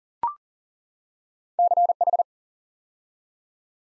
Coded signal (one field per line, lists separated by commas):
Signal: Morse code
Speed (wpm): 41 wpm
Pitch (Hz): 700 Hz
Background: none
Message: CH